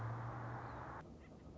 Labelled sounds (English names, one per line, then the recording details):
Nuttall's Woodpecker
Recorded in Sonoma County, California